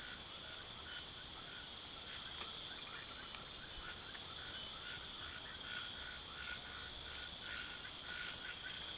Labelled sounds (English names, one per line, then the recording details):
none
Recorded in pastures near Puerto Asís, Putumayo, Colombia, on 12 March 2025 at 03:00
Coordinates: 0.497, -76.327
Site G072